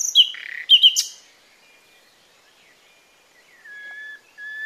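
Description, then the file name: Common nightingale song: a brief burst of sharp, rapid chirps and a buzzy note, a long pause, then pure drawn-out whistled notes near the end. "Luscinia megarhynchos"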